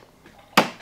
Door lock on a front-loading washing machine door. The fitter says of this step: stops you heard the click shut the uh power off to the machine and